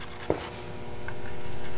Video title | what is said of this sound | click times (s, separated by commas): TH 700R4 GM Transmission B&M Transpak Shift Kit & Upshift Valve Installation TCI | Okay, I got the boost valve um in there, the uh pressure valve and the clip all snapped back in there. | 0.3 s